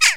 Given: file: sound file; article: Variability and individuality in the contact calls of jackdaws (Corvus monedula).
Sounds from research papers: jackdaw call; harmonic

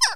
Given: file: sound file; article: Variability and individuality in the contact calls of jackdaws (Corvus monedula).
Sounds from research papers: jackdaw call; harmonic

